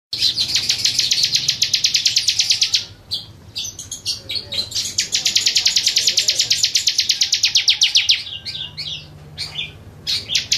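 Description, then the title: Bar-winged prinia song: dense, rapid trills of high, sharp notes in two long bursts, broken by a few scattered chips. "Suara Burung Ciblek"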